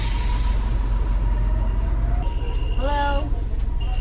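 A slow-moving city bus: a steady, heavy low engine rumble drones throughout with a faint whine on top, and a brief rising tonal chirp cuts in near the end before the drone carries on.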